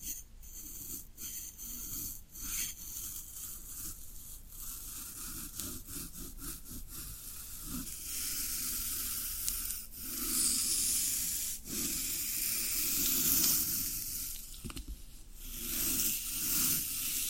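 Floral foam being handled, with steady scratchy rasping and rubbing that continue through the whole clip. The bright hiss swells and eases in uneven strokes, growing fuller after about ten seconds, and brief dry clicks and crunches are scattered throughout.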